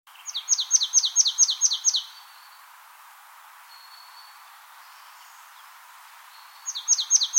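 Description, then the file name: Marsh tit song: a fast, rattling series of about seven bright, sharply descending notes, then a pause with faint high tones, and another series at the end. "Poecile palustris"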